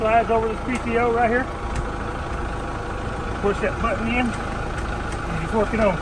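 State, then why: Not seated. The steel yoke of an auger driveshaft is slid over a tractor's PTO stub and lined up, the lock button is pushed in, and the yoke is worked on while an engine idles steadily underneath and someone talks. Nothing has seated or clicked yet.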